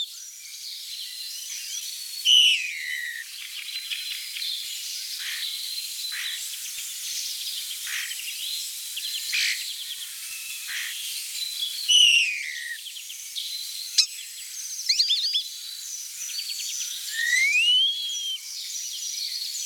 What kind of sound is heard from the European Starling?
song